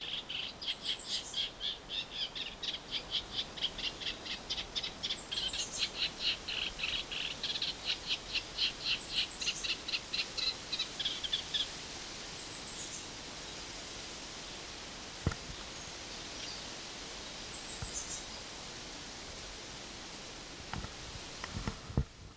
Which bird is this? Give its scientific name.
Acrocephalus scirpaceus